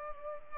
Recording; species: mosquito wingbeat signal from an infrared sensor; Culex pipiens